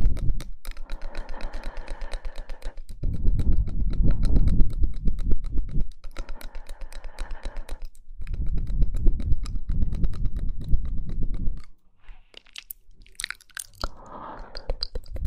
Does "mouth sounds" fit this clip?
yes